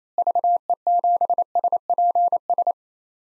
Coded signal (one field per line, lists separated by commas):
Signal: Morse code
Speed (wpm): 28 wpm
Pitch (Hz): 700 Hz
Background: none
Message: VE7SPS